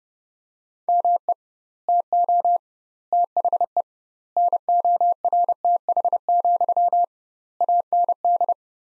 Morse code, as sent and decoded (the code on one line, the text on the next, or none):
-- . / - --- / - .... . / -. --- .-. - .... --..-- / .- -. -..
ME TO THE NORTH, AND